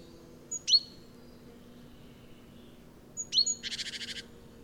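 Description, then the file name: Great tit calls: sharp high notes, a pause of over two seconds, then more sharp notes leading into a fast, buzzy churring rattle; faint low hum behind. "Parus major"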